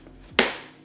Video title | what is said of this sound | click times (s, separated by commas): How To Get In and Out Of Step On Bindings | fully Clicks in so if you do step in very very slowly you actually will hear | 0.1 s, 0.4 s